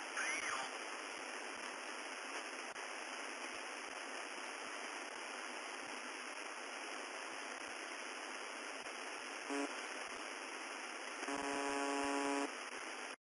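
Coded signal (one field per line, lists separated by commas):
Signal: channel marker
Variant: UVB-76 (The Buzzer)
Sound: steady radio hiss, then a short harsh buzz and a second buzz about one second long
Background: radio static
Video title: UVB-76 27/06/13 10:30z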